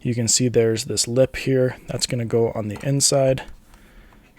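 Someone talks while handling the right VR Wave prescription lens base, a plastic adapter ring, at the lens opening of a Meta Quest 3 VR headset, with its lip set to go on the inside. After the talking stops near 3.5 s, only faint handling noise remains. Nothing has seated or clicked yet.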